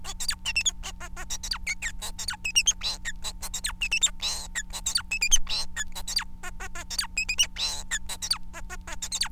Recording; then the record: song of a male Bengalese finch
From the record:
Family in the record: son of father 4